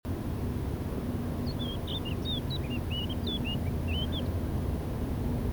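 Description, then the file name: Eurasian blackcap gives a short run of clear, slurred whistled notes over a steady low rumble. "Sylvia atricapilla"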